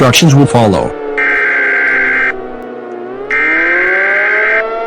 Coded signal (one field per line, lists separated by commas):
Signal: Emergency Alert System (SAME) tones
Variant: header bursts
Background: speech